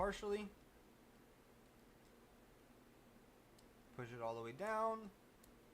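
A plastic Lego Technic axle part is being pressed down into a chassis beam of a C8 chassis while someone talks, with a couple of faint ticks in the quiet stretch between. The part is handled but has not gone all the way down, and nothing has seated or clicked yet.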